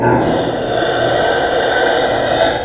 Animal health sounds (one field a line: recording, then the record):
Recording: squeal of a Yucatan mini pig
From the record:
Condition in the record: before surgery on the right vocal fold (resection and tissue-engineered implant)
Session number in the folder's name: 1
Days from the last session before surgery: -21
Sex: female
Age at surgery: 19 weeks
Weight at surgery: 25 kg